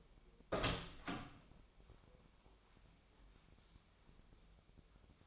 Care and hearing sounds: daily activity, microphone in the room; open door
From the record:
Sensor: 1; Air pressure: 1007.6 hPa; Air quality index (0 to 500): 194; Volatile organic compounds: 18 ppm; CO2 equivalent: 2618 ppm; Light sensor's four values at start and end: 13/32/13/14 and 13/33/13/15

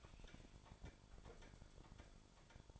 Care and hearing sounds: daily activity, microphone in the room; open fridge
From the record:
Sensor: 5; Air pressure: 1007.9 hPa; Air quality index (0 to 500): 96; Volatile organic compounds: 1 ppm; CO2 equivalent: 748 ppm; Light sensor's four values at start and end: 40/91/38/39 and 41/93/39/41

